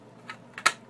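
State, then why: Seated. A plastic fan shroud is pressed back into an Xbox 360 console chassis during reassembly. Faint taps at 0.3 s and 0.6 s lead to a sharp plastic click at 0.7 s, and another sharp snap comes right at the end. The shroud clicks in and is confirmed seated.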